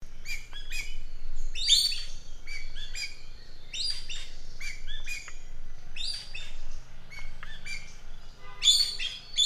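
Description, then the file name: Common green magpie giving repeated clusters of bright chirps and short whistled notes. "suara burung ekek layongan atau cissa chinensis"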